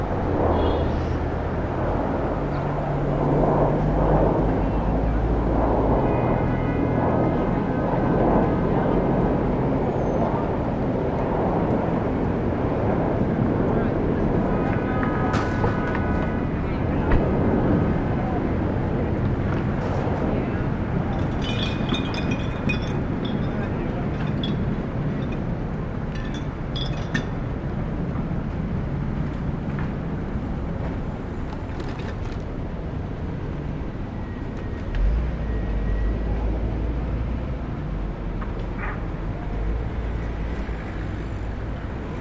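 A rooftop on Starr Street in Brooklyn, facing Maria Hernandez, carries a dense, steady wash of low city rumble and traffic throughout. Scattered voices rise through it, along with brief clatters and clicks around 15, 21 and 35 seconds.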